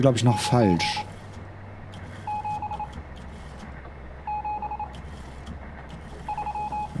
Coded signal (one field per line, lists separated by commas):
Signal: Morse code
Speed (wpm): 26 wpm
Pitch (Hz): 840 Hz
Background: speech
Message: 9 7 7 3